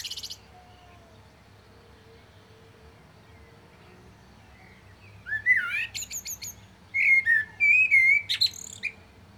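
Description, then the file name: Common blackbird song: after a brief high note and several quiet seconds, a rising whistled phrase breaks into thin, high twitters, followed by more whistled phrases. A faint steady hum runs underneath. "Turdus merula"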